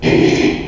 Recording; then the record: squeal of a Yucatan mini pig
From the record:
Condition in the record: after surgery on the right vocal fold (resection and tissue-engineered implant); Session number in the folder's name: 2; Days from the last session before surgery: 13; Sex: male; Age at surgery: 12 weeks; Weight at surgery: 13 kg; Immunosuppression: cyclosporine, prednisolone